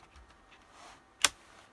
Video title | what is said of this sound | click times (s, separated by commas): Upgrading The CPU On A Laptop - Intel Celeron to Core i3/i5/i7 - Stone Computers NT310-H, i5-4210M | once the screws are in we can reinstall the battery which will just click into place as before | 1.2 s